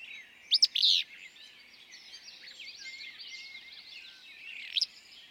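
Willow flycatcher: one abrupt burry two-note phrase early, a faint short note near the end, and continuous twittering from other birds.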